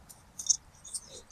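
A metal spade conductor is pushed into the slot of a T-tap connector while wiring Boost Auto Parts tow mirrors on an F150. A short high-pitched scrape at 0.4 s leads into a sharp click at 0.5 s as the spade seats fully home, followed by faint rustling. The terminal is seated.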